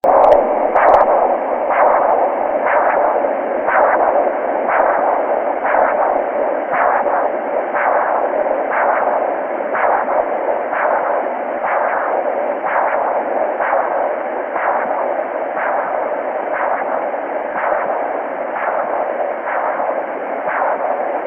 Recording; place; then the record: Doppler ultrasound of blood flow; carotid artery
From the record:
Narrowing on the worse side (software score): mild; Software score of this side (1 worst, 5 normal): 4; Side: left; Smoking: never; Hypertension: no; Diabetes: no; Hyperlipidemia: no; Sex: male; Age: 21 years